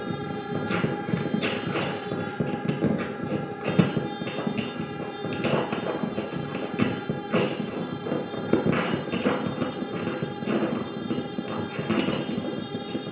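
Junk on a table top is struck and rattled in an improvised stream of taps, clanks and scrapes, busy and irregular throughout. Sharp bright hits sit over a steady low hum and faint ringing tones, and the level stays fairly even for the whole stretch.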